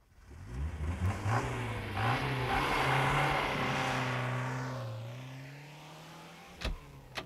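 A black limousine with no lights revs up hard and roars as it shoots out of a side street, holds a steady drone, then winds down and slows as it stops across the road in front of another car, followed by two short sharp knocks.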